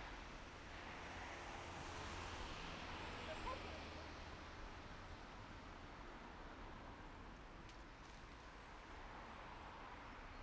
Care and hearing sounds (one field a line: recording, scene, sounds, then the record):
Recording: everyday scene through a hearing-aid microphone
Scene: in traffic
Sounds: traffic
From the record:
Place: main road on the outskirts, rush hour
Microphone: behind the ear, right, rear